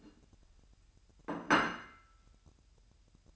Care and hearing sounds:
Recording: daily activity, microphone in the room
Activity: place plate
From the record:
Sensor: 2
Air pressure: 1001.9 hPa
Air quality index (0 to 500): 247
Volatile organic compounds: 38 ppm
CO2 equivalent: 3122 ppm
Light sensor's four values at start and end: 8/28/11/10 and 8/28/11/10

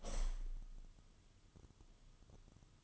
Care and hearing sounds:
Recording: daily activity, microphone in the room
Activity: open window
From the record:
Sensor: 4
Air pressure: 1005.6 hPa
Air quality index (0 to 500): 98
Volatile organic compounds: 2 ppm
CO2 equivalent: 1218 ppm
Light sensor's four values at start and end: 13/29/11/11 and 13/29/11/11

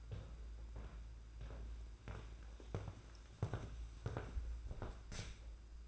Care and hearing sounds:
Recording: daily activity, microphone in the room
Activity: walk to room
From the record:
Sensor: 2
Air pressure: 991.9 hPa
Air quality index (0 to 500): 230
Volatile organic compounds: 1000 ppm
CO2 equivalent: 7726 ppm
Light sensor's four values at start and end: 18/59/23/21 and 12/37/14/14

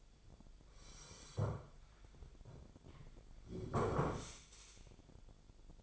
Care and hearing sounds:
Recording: daily activity, microphone in the room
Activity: sit down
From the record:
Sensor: 5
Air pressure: 1008.1 hPa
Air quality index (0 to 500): 154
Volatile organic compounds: 3 ppm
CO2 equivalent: 1476 ppm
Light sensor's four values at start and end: 58/163/63/63 and 58/163/63/63

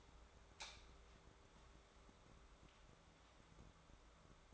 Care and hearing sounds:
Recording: daily activity, microphone in the room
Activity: light off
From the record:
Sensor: 3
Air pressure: 1010.2 hPa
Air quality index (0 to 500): 165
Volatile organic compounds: 9 ppm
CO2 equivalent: 2160 ppm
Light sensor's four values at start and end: 51/129/56/62 and 49/122/53/59

